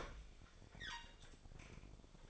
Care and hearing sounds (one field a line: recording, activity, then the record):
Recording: daily activity, microphone in the room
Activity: open fridge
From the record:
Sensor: 5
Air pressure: 1004.6 hPa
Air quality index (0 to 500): 161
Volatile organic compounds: 3 ppm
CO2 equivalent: 1517 ppm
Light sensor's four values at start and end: 19/44/17/16 and 21/48/19/18